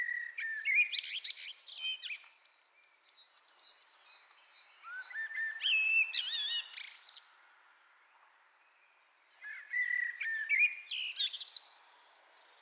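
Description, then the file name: Common blackbird singing warbled low whistles mixed with quick high trills and squeaks, in several phrases with a long pause before the last. "Turdus merula"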